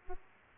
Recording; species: mosquito wingbeat signal from an infrared sensor; Aedes aegypti